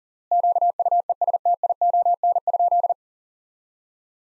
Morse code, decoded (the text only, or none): QUESTION?